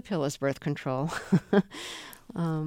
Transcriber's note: laughter